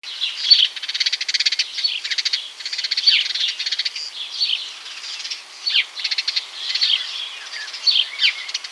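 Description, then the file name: House sparrow chirping in a busy, overlapping chatter of bright chirps and rapid buzzy trills, continuous throughout with brief dips in activity. "Passer domesticus"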